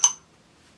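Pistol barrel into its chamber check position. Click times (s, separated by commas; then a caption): 0.0 s. A steel barrel from a Tisas 9mm Tank Commander 1911 pistol is dropped into place for a chamber fit check. It lands with a single sharp clunk at 0.04 s and a bright metallic ring that fades within about 0.2 s, followed by near silence. The barrel seats properly, and the clunk is judged a good sound.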